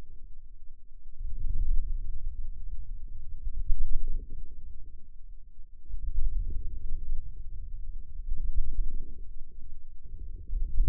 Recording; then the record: forearm muscle sounds (acoustic myography)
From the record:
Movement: ulnar deviation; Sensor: system 2, bracelet of six BSWA MPA416 microphones around the upper forearm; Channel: 5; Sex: male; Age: 22 years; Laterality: right